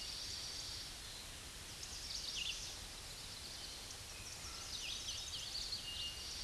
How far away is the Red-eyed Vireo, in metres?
about 75 m